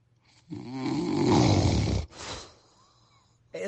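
An adult's partner snoring: a loud, harsh, low-pitched snore lasts about one and a half seconds, then a shorter, softer rasp, then quiet before the next snore starts. Heavy snoring with obstructive sleep apnea, where breathing pauses interrupt sleep.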